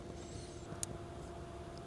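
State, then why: Seated. The other end of a Unichip add-on harness connector is plugged into the factory crank sensor harness plug behind the engine of a Ford Raptor. One sharp click sounds at 0.8 s over a steady low hum, followed by a faint tick at 1.8 s. The connector is seated and confirmed in place.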